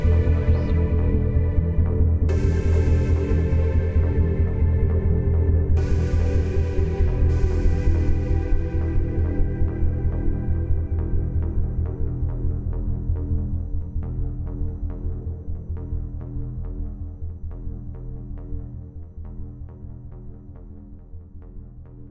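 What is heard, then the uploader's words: A steady low pulsing throb with a dense, ringing upper layer, bright bursts near 2, 6 and 7 seconds, gradually fading throughout. 69bpm pulse in background.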